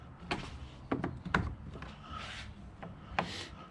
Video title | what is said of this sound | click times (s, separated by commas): Project Zero 14, Engine is In | and uh it doesn't latch as well on this side and i got to figure that out but | 1.4 s